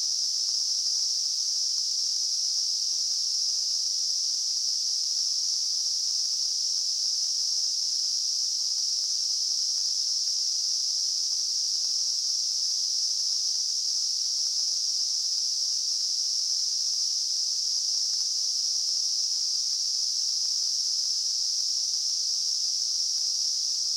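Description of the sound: A simulated tinnitus sound: a steady, unchanging high-pitched hiss in a narrow band around 5 to 6 kHz, with no low-frequency content, lasting throughout.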